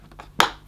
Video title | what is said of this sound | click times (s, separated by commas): Sebo Automatic X7 Upright Vacuum Cleaner Unboxing & Review | click the little red tab back on the lug like | 0.4 s